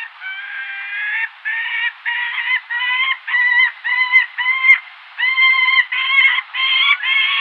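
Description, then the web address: Gyrfalcon nestling calls, nasal harmonic squeals in uneven bursts, some drawn out, others short, with brief pauses between. "Schulze Peter Gyrfalcon"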